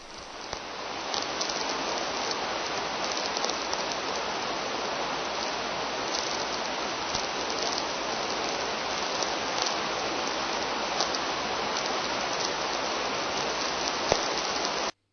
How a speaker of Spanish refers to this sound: No es que se esté cacharrando la radio, ¿eh? Es que son interferencias de una tormenta en Júpiter.